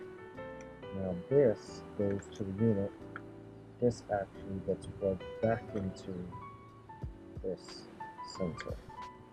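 A wiring harness connector from an aFe Scorcher BLUE Bluetooth power module on a GX550 is handled near the engine sensor's plastic connector it plugs back into, while someone talks over background music. Nothing has seated or clicked yet; the clip ends just before the connector goes home.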